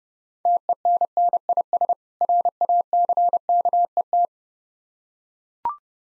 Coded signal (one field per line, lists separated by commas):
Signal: Morse code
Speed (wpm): 30 wpm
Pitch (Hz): 700 Hz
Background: none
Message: TENNIS RACKET